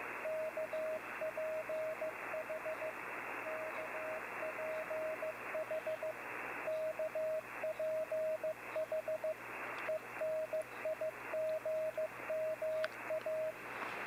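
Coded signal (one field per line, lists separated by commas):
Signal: Morse code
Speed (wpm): 15 wpm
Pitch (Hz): 630 Hz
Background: radio noise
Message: KPH KPH KPH ENIGMA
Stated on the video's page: Coast station KPH sending an Enigma-encrypted message in Morse and RTTY on its shortwave frequencies, received on an IC-7610.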